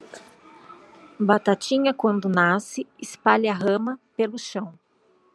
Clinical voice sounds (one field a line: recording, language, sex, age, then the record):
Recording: short text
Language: Brazilian Portuguese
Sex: female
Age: 40 to 49 years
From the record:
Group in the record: control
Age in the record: 41 years